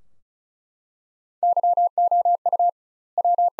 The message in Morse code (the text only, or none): YOU W